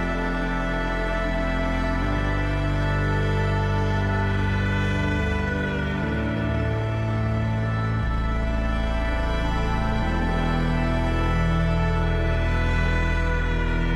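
String music holds full, sustained chords that shift to a new low note about every two seconds, staying steady and dense throughout.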